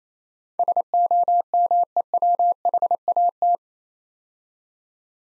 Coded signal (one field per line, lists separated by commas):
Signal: Morse code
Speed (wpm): 29 wpm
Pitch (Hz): 700 Hz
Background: none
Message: SOMEWHAT